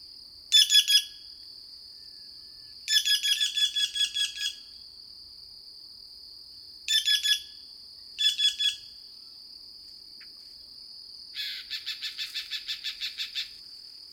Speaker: Around the bend, we come across more green jays, giving resonant musical notes, reminding me of the soundings of our blue jays back home.